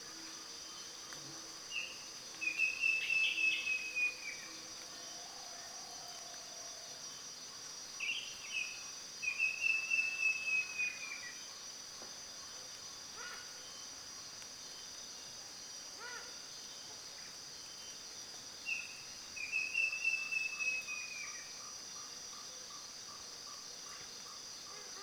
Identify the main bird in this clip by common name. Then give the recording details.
Blue-breasted Kingfisher. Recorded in Kibale, Uganda